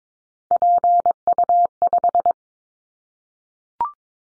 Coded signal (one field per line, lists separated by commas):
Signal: Morse code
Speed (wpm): 22 wpm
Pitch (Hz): 700 Hz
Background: none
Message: PU5